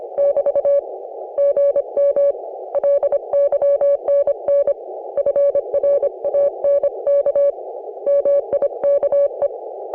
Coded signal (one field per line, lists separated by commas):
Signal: Morse code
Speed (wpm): 29 wpm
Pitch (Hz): 560 Hz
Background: none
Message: <BT> GM LYNN FRANK MIKE